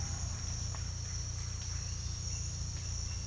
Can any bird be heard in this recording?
no